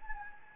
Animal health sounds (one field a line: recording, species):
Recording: mosquito wingbeat signal from an infrared sensor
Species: Anopheles gambiae